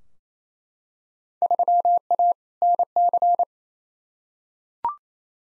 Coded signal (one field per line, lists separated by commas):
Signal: Morse code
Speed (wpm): 28 wpm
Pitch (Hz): 700 Hz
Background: none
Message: 3A NC